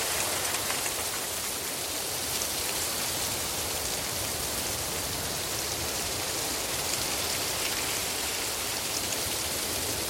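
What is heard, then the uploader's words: Rain and hail pour down in a dense, unbroken hiss that stays level for the whole stretch. The sound leans bright and crisp, a thick pitter-patter of countless small impacts with no distinct individual hits standing out, and a faint low rumble underneath. Hail Storm | ASMR Rain and Hail Sounds. The pitter-patter of hail storm sounds.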